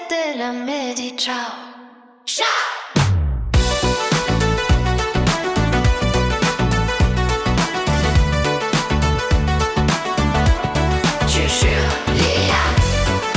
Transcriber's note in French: Voix déformée, comme un vieux vocal